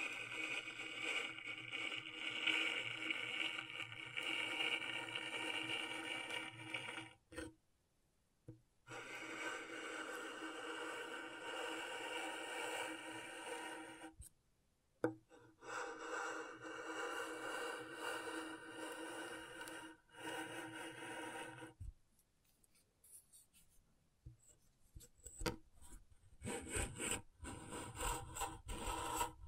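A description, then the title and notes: Scratching on a scratchboard comes in long rasping passes, a dense, bright scraping that runs for several seconds at a time. Brief silences break it up near 7, 14 and 22 seconds, and the last stretch turns patchier, with short, uneven scrapes. ASMR Brain Tingling Scratchboard (No Talking).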